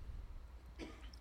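A single brief, dry cough burst from an adult man who still has a cold, set against a steady low background hum. It is an isolated cough, with no wheeze or repeated coughing fit.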